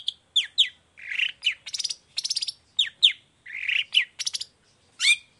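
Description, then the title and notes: Long-tailed shrike singing varied phrases: sharp falling chirps, grating buzzes and quick trills mixed together in rapid succession. Cendet in the morning, lively 'gacor' singing with 'toet toet' and full variation, clear voice, said to be very easy for any kind of cendet to imitate. "Cendet Gacor Dor Di Kala Pagi Toet Toet Variasi Suara J. Efektif Cendet Gacor Suara Jernih Full Variasi Sangat Mudah Di Tiru Cendet Jenis Apapun. Burung cendet"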